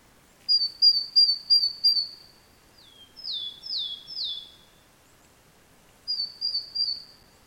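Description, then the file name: Great tit calls: a quick run of five bright high notes, three longer downslurred whistles, then another short run of high ringing notes. "Parus major"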